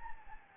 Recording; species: mosquito wingbeat signal from an infrared sensor; Anopheles gambiae